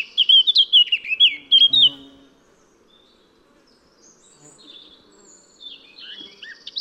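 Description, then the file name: Eurasian blackcap singing a rich, fast warble of fluty, twisting notes for about two seconds, then near silence before a few faint high notes at the end. "Sylvia atricapilla"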